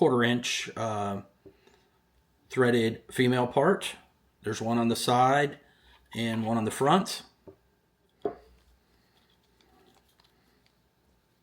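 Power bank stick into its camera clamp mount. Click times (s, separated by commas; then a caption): 8.3 s. Someone talks, then a Smatree portable power stick power bank for the DJI Osmo Pocket 3 pocket gimbal camera is fitted into its camera clamp mount with the two side clamps. It clicks home and locks into place with a sharp click at 8.3 s, followed by a few faint ticks.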